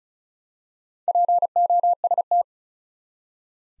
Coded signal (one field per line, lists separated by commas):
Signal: Morse code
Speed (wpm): 36 wpm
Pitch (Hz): 700 Hz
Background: none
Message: POST